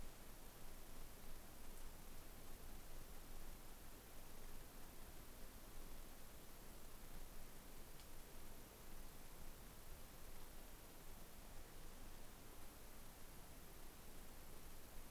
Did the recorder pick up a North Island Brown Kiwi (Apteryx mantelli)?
no